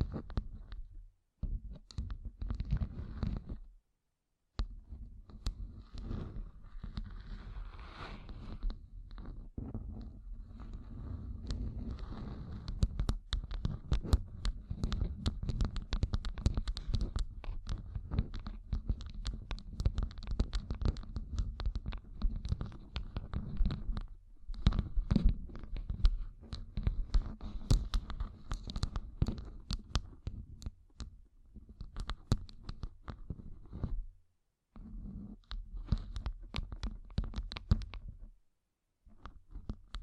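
Fingertips covered in gems tap and scratch in a dense, continuous stream of small clicks and scrapes, mostly low and thick with crisp top edges. Brief silent gaps break the activity near 4, 24, 34 and 38 seconds.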